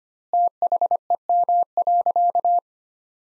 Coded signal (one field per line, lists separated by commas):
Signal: Morse code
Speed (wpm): 25 wpm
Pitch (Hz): 700 Hz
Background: none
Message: THEM.